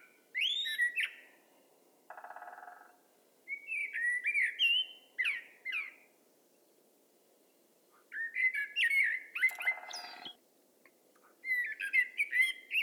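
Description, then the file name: Common blackbird giving repeated mellow warbled phrases with scratchy high twitters, interrupted twice by a coarse buzzing rattle. "Turdus merula"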